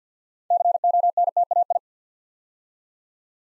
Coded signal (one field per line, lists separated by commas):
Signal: Morse code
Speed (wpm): 50 wpm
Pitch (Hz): 700 Hz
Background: none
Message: CONTAI